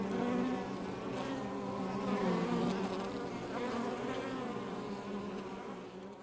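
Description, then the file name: Honey bees buzzing in a busy, even drone, swelling louder midway before the hum fades a little at the end. Outside the hive. "Ruche Exterieur"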